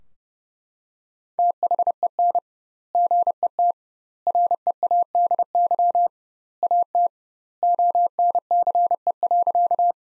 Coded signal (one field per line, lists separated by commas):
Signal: Morse code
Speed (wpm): 31 wpm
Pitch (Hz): 700 Hz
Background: none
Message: THEN GET READY AT ONCE.